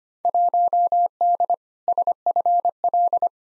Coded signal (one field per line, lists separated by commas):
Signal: Morse code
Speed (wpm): 25 wpm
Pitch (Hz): 700 Hz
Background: none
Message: 1D SFL